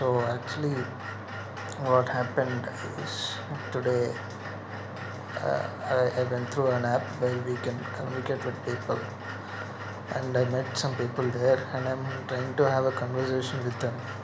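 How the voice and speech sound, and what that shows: Adult male speaker who has stammered since birth, talking in a conversational narrative with stuttering: a repeated word ('I, I'), a filler 'uh', and long pauses between phrases. Words feel stuck on his tongue, and he stammers more when speaking with others.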